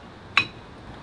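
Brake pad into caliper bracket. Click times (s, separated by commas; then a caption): 0.4 s. A greased brake pad is twisted and pushed into the brake caliper bracket. A single sharp, bright metallic clink at 0.4 s rises sharply above a quiet background and fades within a fraction of a second as the pad snaps and seats in place.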